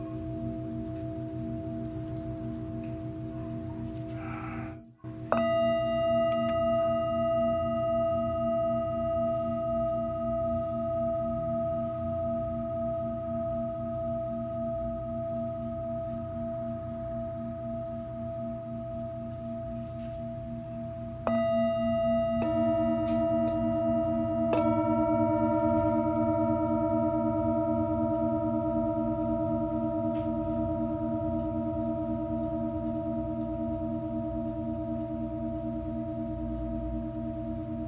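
Singing bowls ring in long sustained tones, with a brief silence near five seconds, then new bowls struck around 21 and 25 seconds layering over a low steady hum.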